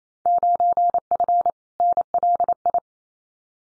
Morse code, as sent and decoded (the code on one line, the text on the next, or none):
----. ..-. / -. .-.. ..
9F NLI